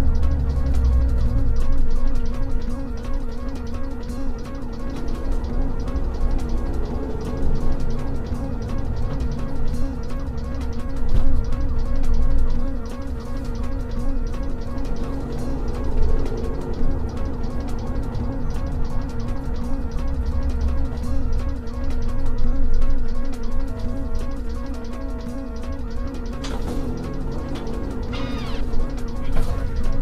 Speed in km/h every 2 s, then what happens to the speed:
68, 60, 74, 90, 92, 79, 71, 82, 95, 95, 77, 53, 34, 40, 39.
1-7 speeds up to 92. 8-11 brakes to 71. 12-16 speeds up to 95. 18-23 brakes to 34. 23-30 steady at about 39.